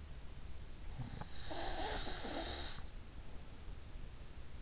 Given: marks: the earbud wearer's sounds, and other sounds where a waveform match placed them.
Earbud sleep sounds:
sounds in sleep by an in-ear microphone; snoring breath
1.05-3.03 s: snoring breath

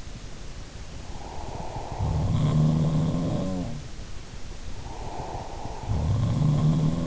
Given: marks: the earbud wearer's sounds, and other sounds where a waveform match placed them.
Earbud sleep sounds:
sounds in sleep by an in-ear microphone; breath
0.97-2.93 s: breath
1.82-3.93 s: sound from someone else or the room
4.67-6.56 s: breath
5.68-7.07 s: sound from someone else or the room

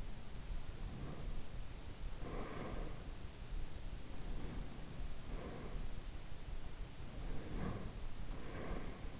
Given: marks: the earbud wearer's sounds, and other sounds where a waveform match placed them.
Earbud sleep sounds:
sounds in sleep by an in-ear microphone; breath
0.90-3.25 s: breath
4.07-6.21 s: breath
6.97-9.19 s: breath

